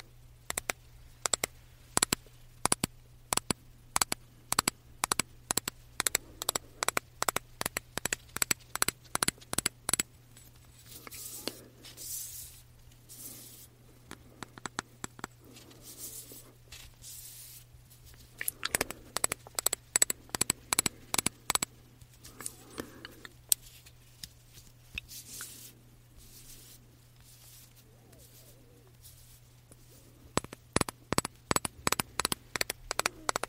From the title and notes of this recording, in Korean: ASMR 말없이 디퓨저, 바디미스트 탭핑 , 흔드는 소리.